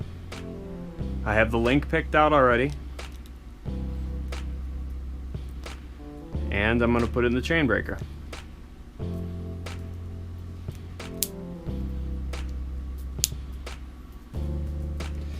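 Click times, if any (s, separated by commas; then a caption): 11.2 s, 13.2 s. A BMX chain link sits in a chain breaker, and the tool is turned to push the steel rivet pin out while someone talks over a steady background music beat. Two sharp, loud pops stand out at 11.2 s and 13.2 s as the pin pops out of the link.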